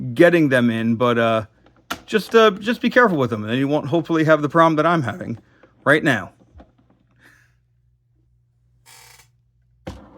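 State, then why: Seated. Someone talks while working a tight plastic piece into a Transformers Star Optimus Prime (Star Convoy, Age of the Primes) transformable toy robot figure, followed by a few faint handling ticks and a quiet pause. At 9.9 s a loud snap is heard as the piece seats into place after the struggle.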